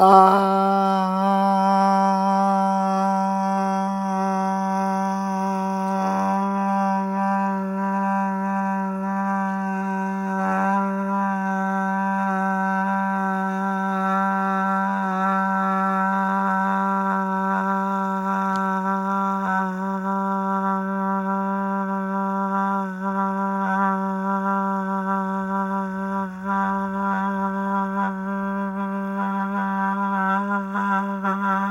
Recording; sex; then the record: sustained vowel /a/; male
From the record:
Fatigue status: no fatigue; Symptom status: asymptomatic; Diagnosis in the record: COVID-19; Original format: m4a